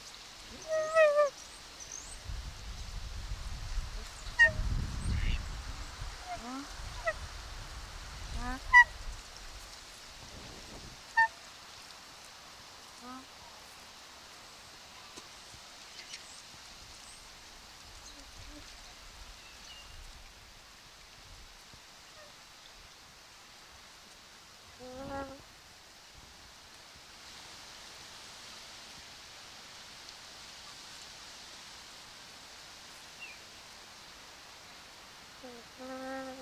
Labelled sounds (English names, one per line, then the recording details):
Hawaiian Goose call
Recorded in captivity
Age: adult
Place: Wildlife Park Shubenacadie, Nova Scotia, CA
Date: 1991-10-10 10:55
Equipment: Sony WM-D6C, Sony ECM-939 LT (Stereo), Kopie Uher 4400 IC
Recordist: Frommolt, Karl-Heinz